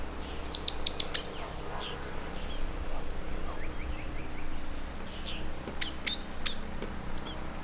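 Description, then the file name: Common blackbird chink calls in two bursts: a quick series of hard clicking notes, a pause with faint bird notes, then more chinks. "Turdus merula"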